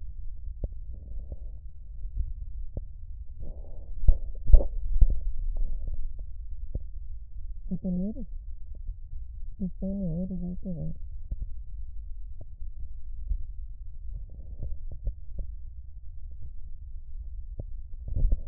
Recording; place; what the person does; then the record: lung sounds by stethoscope; left posterior basal chest; quiet breathing, then cough and speech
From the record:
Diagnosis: COPD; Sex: female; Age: 75 years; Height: 155 cm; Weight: 67.6 kg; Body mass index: 28.1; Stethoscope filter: extended mode